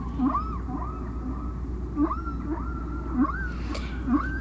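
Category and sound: animal, whale song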